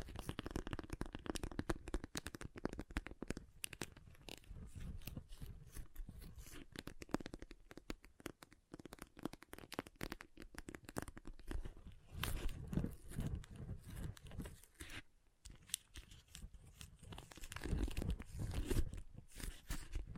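Water beads are squished and handled in a continuous stream of dense, wet crackling and squelching. The texture stays busy throughout, with deeper, heavier squishes swelling around 12 to 13 seconds and again near 17 to 19 seconds, and a brief lull just after 15 seconds.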